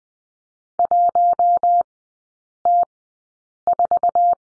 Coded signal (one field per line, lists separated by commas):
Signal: Morse code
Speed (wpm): 20 wpm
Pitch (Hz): 700 Hz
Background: none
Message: 1T4